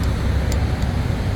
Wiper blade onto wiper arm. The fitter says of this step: You should hear it click.